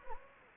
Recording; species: mosquito wingbeat signal from an infrared sensor; Anopheles gambiae